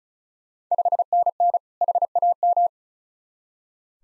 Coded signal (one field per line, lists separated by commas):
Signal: Morse code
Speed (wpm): 36 wpm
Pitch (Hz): 700 Hz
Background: none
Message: 5NN HAM